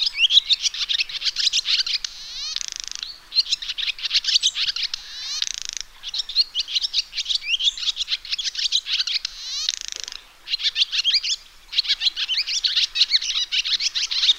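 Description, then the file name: Swallow twittering almost without pause, dense high chirps and warbles mixed with short scratchy buzzes, broken by a few brief gaps. "golondrina"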